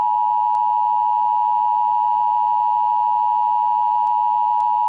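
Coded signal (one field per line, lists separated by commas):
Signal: Emergency Alert System (SAME) tones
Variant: 853 and 960 Hz attention tone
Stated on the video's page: EAS tones as heard in a film.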